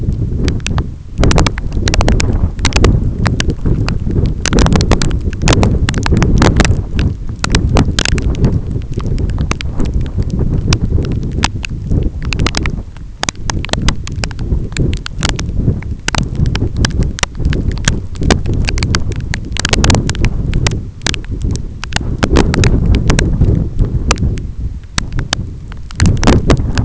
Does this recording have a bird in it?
no